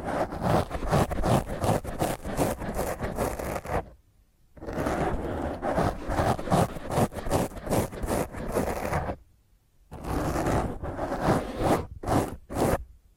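Fingernails scratch roughly and hard across a microphone in three long bursts of rapid, rasping strokes, broken by short silences near 4 and 9.5 seconds. The scraping is loud and dense, with a heavy low rumble under a harsh, bright edge.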